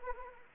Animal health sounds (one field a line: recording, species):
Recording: mosquito wingbeat signal from an infrared sensor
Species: Anopheles arabiensis